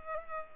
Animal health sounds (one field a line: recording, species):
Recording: mosquito wingbeat signal from an infrared sensor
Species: Culex pipiens